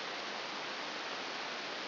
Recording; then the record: brain microelectrode recording played as sound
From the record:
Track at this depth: outside the subthalamic nucleus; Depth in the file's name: 7.001 mm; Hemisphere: left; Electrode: 2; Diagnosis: Parkinson's disease